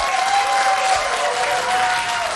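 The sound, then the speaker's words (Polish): A live audience applauds at a concert in the Agnieszka Osiecka studio of Polish Radio Program Three (Trójka): a dense wash of many hands clapping at an even, sustained level with no voices rising above it. “Jakże miło w końcu w tym miejscu usłyszeć oklaski, prawdziwe, żywe.”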